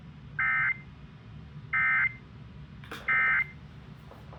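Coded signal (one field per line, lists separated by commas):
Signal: Emergency Alert System (SAME) tones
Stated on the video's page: Flash flood warning relayed on an FM broadcast station and two unidentified stations.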